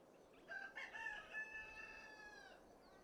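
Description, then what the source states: Rooster crowing: one loud, harmonic crow lasting about two seconds, over light background noise. Country atmosphere.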